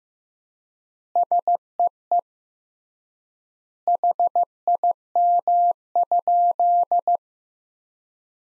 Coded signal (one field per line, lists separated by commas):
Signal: Morse code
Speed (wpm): 16 wpm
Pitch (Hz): 700 Hz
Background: none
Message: SEE HIM?